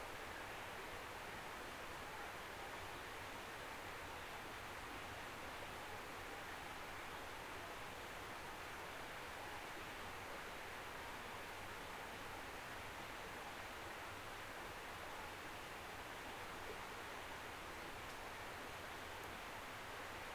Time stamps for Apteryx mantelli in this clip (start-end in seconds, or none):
none